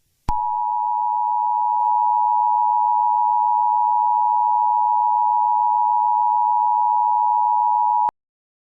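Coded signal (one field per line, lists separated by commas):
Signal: Emergency Alert System (SAME) tones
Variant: 853 and 960 Hz attention tone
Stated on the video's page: Fictional plane crash scenario using valid EAS tones.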